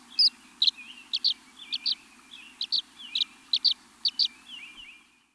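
Violet-green swallow producing short sharp chirps mixed with soft slurred twitters, about two per second.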